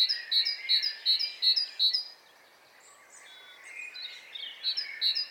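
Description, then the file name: Great tit chiming a quick, regular run of two-part notes, falling silent while a quieter bird chirps, then picking up again at the end. "Parus major"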